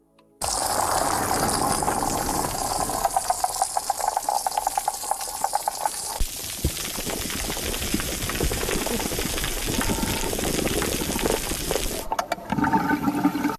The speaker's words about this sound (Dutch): Eigenlijk klinkt dan een gezond koraalrif een beetje alsof je onder de douche staat terwijl daar ook een wc wordt doorgespoeld.